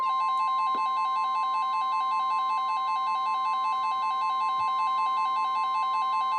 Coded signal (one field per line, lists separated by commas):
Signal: Emergency Alert System (SAME) tones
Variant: 1050 Hz attention tone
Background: music